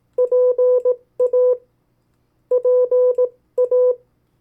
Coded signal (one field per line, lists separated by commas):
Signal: Morse code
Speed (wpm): 18 wpm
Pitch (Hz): 500 Hz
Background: none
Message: PA PA